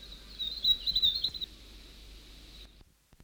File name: north island tomtit song